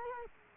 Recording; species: mosquito wingbeat signal from an infrared sensor; Culex quinquefasciatus